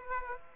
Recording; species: mosquito wingbeat signal from an infrared sensor; Aedes aegypti